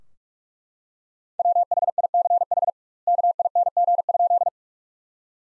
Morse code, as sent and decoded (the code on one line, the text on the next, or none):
.-- .... .. -.-. .... / -.- .. -. --. ..--..
WHICH KING?